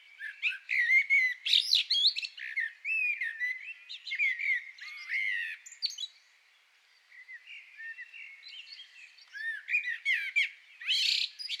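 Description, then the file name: Common blackbird in a long twittering sequence of squeaky, slurred high notes, with one brief lull in the middle. "Turdus merula"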